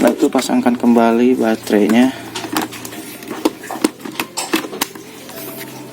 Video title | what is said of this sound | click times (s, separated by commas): Tutorial cara ganti keyboard Notebook Asus eeePC 1015, B, BX, CX, P, PX, PW, 1025 - Error ganti Baru | Oke, sampai terkunci. Selesai. | 4.8 s